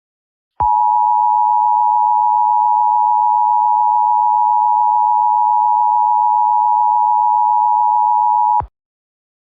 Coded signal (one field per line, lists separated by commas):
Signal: Emergency Alert System (SAME) tones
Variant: 853 and 960 Hz attention tone